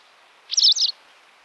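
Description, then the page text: White wagtail giving a brief sharp double chirp, two quick high notes run together, against a faint quiet background. "Голоса птиц - Белая трясогузка"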